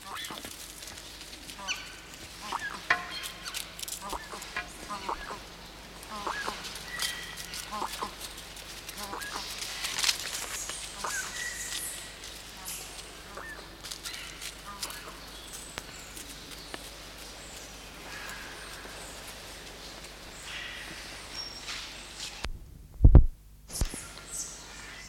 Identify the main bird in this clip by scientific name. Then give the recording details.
Eudromia elegans. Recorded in captivity. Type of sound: call. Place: Zoo Berlin, Berlin, DE. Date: 1995-03-04. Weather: heiter bis wolkig, 1 - 5 °C. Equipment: Marantz CP 130, Sennheiser ME 80, Kopie Uher Variocord 263. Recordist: Tembrock, Günter. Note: Ein Tier laufend. Entfernung 1 - 2 m